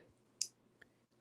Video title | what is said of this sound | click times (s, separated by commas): TALOR SWIFT: THE LIFE OF A SHOWGIRL ERA - FIRST 24HRS | The little click. It's very satisfying. | 0.4 s